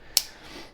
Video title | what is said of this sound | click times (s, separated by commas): Unknown Manufacturer from Pakistan | and the same thing on this side it will it will open pretty good and locks in place pretty good | 0.2 s